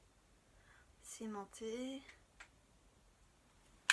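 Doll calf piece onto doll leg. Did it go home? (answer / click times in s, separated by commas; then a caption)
yes / 3.9 s. Someone talks while fitting a removable magnetic calf piece onto the leg of a Dollfie Dream Sister Saber (Altria Pendragon, Fate/Grand Order) doll, with a faint tick at 2.4 s. The calf piece clips on and is held by its magnets, seating with a sharp, loud snap at 3.9 s.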